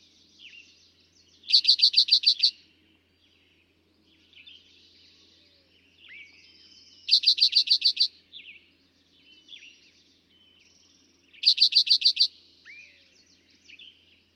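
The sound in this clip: Eastern towhee song: three bursts of rapid, evenly spaced high notes several seconds apart, with faint whistled phrases from other birds in between.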